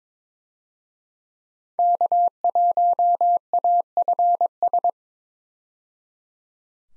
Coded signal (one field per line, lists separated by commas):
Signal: Morse code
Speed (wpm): 22 wpm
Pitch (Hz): 700 Hz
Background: none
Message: K1AFS